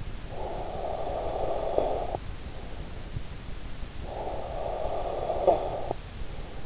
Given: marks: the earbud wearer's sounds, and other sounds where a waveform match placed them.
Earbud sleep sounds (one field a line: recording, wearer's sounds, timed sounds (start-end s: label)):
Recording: sounds in sleep by an in-ear microphone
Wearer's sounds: breath, snoring breath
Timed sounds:
0.00-2.57 s: breath
3.73-6.66 s: snoring breath